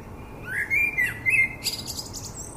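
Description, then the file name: Common blackbird singing one phrase: a mellow, wavering whistle that slides up, then breaks into a thin, high twittering flourish. "Turdus merula"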